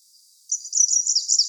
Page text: Пеночка зелёная